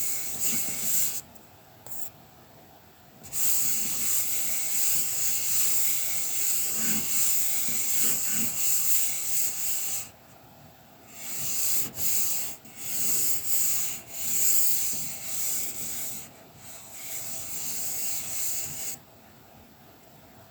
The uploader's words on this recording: Sounds of colouring pencil work and paper massage. Sharpening colour pencils.